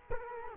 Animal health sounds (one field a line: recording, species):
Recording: mosquito wingbeat signal from an infrared sensor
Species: Culex quinquefasciatus